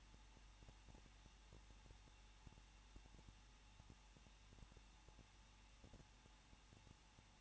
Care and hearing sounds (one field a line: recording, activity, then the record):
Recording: daily activity, microphone in the room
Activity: no activity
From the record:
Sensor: 1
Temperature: 20.1 degrees Celsius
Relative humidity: 39.2%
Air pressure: 1006.3 hPa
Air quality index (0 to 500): 217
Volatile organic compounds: 76 ppm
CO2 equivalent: 3573 ppm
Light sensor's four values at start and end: 1/2/1/1 and 1/2/1/1